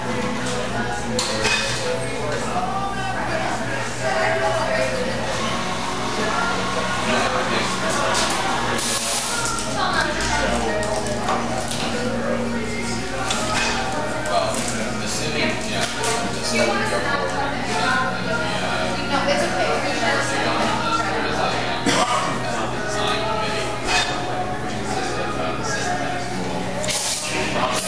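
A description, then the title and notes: Busy coffee shop interior with a steady wash of overlapping voices and chatter throughout. A low constant hum sits underneath, while frequent bright clinks and taps of cups and dishes break through, including sharper clatters around 9 and 27 seconds. Maplwood Starbucks Sounds at Starbucks by nathaliep.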